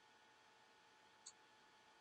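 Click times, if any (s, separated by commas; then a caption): 1.3 s. A GOYOJO 1/4in drive click-type torque wrench on an extension tightens a 3D printer nozzle into its heater block while a crescent wrench holds the block. Over a steady hiss, one faint, short click sounds at 1.3 s as the wrench reaches its setting. The nozzle is torqued down to the set value.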